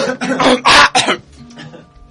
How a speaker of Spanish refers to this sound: Incluso me permito algunas toses.